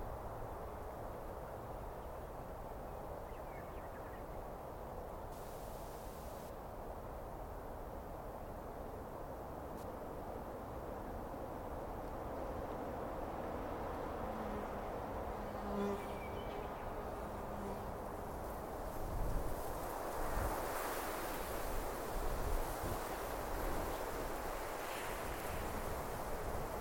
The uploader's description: Listening to the sounds of songbirds, fowl, wind in trees, squirrels, chipmunks